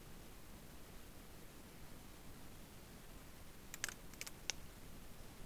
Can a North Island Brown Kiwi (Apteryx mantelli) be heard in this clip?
no